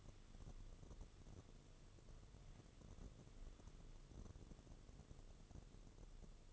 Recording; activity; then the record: daily activity, microphone in the room; wipe stove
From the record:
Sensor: 4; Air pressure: 1015.9 hPa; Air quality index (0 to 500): 124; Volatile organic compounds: 3 ppm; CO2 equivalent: 1404 ppm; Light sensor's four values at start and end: 8/19/7/7 and 9/19/7/7